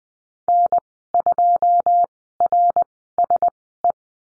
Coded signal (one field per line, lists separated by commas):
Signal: Morse code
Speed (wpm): 20 wpm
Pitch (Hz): 700 Hz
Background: none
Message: N2RSE